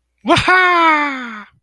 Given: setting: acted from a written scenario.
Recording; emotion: vocal sound without words; triumph